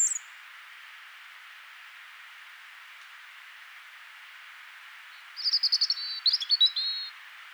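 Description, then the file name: European robin: after a long quiet stretch comes a sweet, quick phrase of high warbled notes and twinkling trills lasting under two seconds. "Erithacus rubecula"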